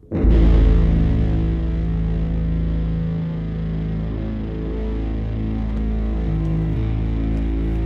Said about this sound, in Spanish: Lo que estás escuchando de fondo es esta banda tan rara de Drone Doom, así la llaman